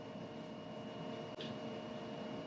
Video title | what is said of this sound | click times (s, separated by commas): BestCode Ink Manifold Replacement | So we're going to take these tubes here, starting with green, push it until you hear a firm click. | 1.4 s